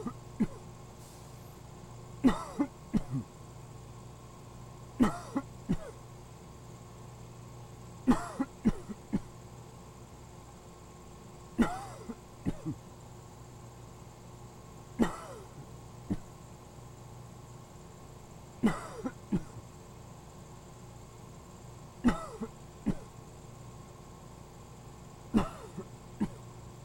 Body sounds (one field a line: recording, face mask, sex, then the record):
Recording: voluntary coughing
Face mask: none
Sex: male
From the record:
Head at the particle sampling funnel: turned sideways, cheek in front of it